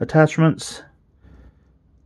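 Someone talks briefly, followed by faint handling noise around 1.3 to 1.5 seconds as a flamethrower attachment is handled for pressing onto a plastic Star Wars The Vintage Collection Paz Vizsla action figure. Nothing has seated or clicked yet.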